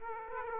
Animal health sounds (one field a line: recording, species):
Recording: mosquito wingbeat signal from an infrared sensor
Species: Aedes aegypti